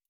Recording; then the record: hydrophone in a shrimp aquaculture tank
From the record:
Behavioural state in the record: stressed